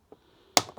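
A plastic push-in clip on the air filter area body panel of a 2021–24 Honda NC750X is pushed down by hand after the handlebar is moved aside. A faint tap at 0.1 s is followed by one sharp, loud click at 0.6 s and a softer tap at 0.8 s. The clip snaps home and is seated.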